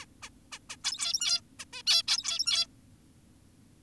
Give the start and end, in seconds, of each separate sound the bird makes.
0.02-0.06, 0.22-0.30, 0.52-0.59, 0.70-0.76, 0.84-1.41, 1.60-1.65, 1.73-1.83, 1.87-2.03, 2.08-2.67